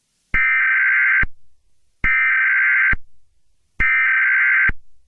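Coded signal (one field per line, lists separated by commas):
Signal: Emergency Alert System (SAME) tones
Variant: header bursts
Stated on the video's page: Fictional EAS scenario; simulated, not a real alert.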